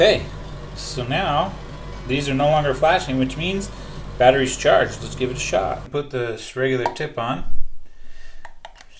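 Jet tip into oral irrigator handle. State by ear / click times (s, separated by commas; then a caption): seated / 8.7 s. A regular plastic jet tip is slid into the top of an ABOX cordless water flosser handle and pushed until it clicks into place. Someone talks for most of the clip, and after the speech stops, short sharp ticks come near the end, with the seating click at 8.6 s. The tip is confirmed seated in the handle.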